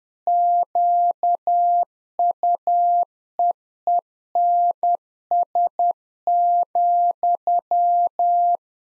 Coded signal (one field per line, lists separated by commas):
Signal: Morse code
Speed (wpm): 10 wpm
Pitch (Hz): 700 Hz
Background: none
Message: QUEENS,